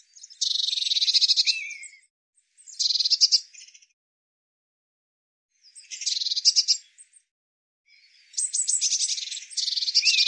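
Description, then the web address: Eurasian blue tit uttering rasping, buzzy churrs in bursts of about one to two seconds, several in a row separated by pauses. "cianscape birddata Deverinetal 2025 File cleaned normalized Bird Cy Ca"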